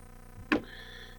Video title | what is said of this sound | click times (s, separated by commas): How To Replace the Bulbs on a NON-Serviceable Mercedes W204 Taillight -Simple and Easy! | and it just snaps back in there like so and there it is it's that simple | 0.5 s